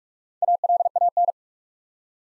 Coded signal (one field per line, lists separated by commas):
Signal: Morse code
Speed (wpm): 46 wpm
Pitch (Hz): 700 Hz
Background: none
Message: ALAN